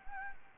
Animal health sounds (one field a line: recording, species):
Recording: mosquito wingbeat signal from an infrared sensor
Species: Anopheles gambiae